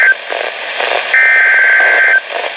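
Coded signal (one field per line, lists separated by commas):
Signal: Emergency Alert System (SAME) tones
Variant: header bursts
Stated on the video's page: Flash flood, severe thunderstorm and special marine warning alerts recorded off NOAA Weather Radio stations.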